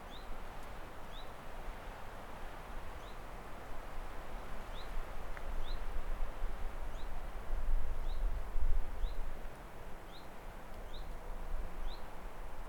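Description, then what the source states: Bird calling, faint high upslurred chirps repeated many times over a steady roar of wind. Windy.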